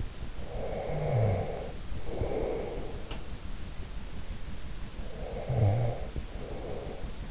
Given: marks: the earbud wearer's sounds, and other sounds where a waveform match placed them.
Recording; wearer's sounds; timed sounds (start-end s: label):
sounds in sleep by an in-ear microphone; snoring breath
0.23-2.77 s: snoring breath
5.00-7.31 s: snoring breath